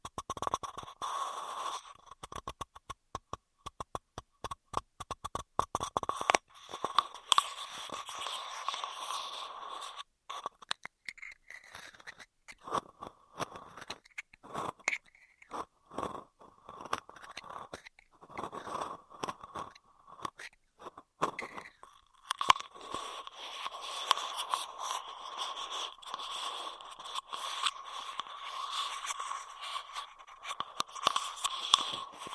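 Intense straw triggers: rapid crackling, crunchy clicks and scraping sounds in dense bursts, sharpest in the first seven seconds. The middle stretches into choppier rustles with short pauses, then from about 23 seconds a steadier, thicker crinkling continues to the end.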